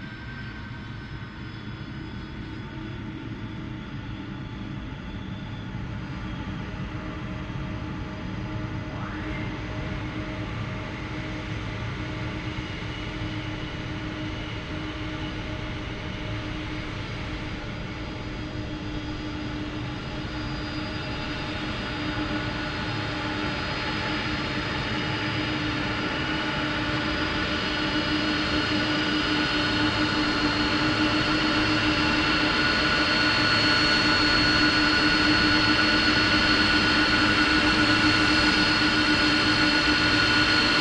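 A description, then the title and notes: A Boeing 747 DreamLifter's engines hum and whine steadily, growing gradually louder across the whole stretch. Several high, thin tones sit over a dense low rumble, and the upper whine brightens and strengthens toward the end without any sudden breaks. Boeing 747 DreamLifter landing, taxi. This one landed and taxied by at an airport where I watching my daughter take single-prop flight lessons. SD702 Mid: MKH8060 Side: MKH30.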